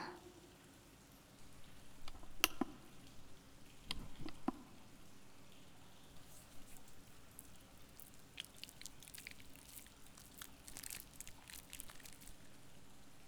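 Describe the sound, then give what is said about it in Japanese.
Soft, wet squelching and crackling as hands work a generous amount of body soap into plenty of lather, with a few sharper squishes early on, then a steady fizzy foam texture, quiet throughout with no talking. “ボディーソープ多めにつけた方がいいかしら。”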